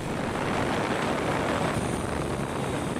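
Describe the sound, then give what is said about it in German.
A steady, dense whir of spinning propellers holds at an even loudness throughout, a broad buzzing roar of a delivery drone flying on its own in a specially set up air corridor, in wind and weather, with no voices over it. “Am Ende konnte das Unternehmen seine Drohne in einem eigens eingerichteten Luftkorridor bei Wind und Wetter allein fliegen lassen.”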